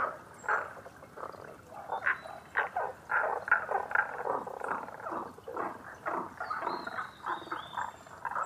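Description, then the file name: Tago's brown frogs: a busy chorus of short, rough, pulsed croaks in quick succession, several overlapping, with faint high whistles above. Recorded 11 June 2010 at 18:05. "tagogaeru 20100611 1805"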